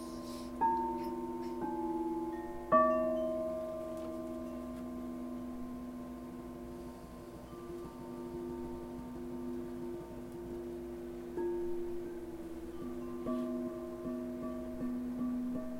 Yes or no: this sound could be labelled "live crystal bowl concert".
yes